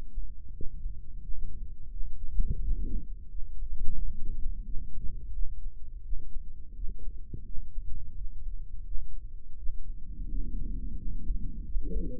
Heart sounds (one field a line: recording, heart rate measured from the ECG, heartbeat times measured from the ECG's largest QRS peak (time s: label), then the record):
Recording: heart sounds by microphone in the right ear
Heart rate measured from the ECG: 86 bpm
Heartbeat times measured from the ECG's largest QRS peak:
0.53 s: heartbeat
1.22 s: heartbeat
1.91 s: heartbeat
2.61 s: heartbeat
3.30 s: heartbeat
3.96 s: heartbeat
4.64 s: heartbeat
5.33 s: heartbeat
6.03 s: heartbeat
6.75 s: heartbeat
7.45 s: heartbeat
8.16 s: heartbeat
8.85 s: heartbeat
9.57 s: heartbeat
10.29 s: heartbeat
10.98 s: heartbeat
11.64 s: heartbeat
From the record:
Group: healthy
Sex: male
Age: 57 years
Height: 188 cm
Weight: 106 kg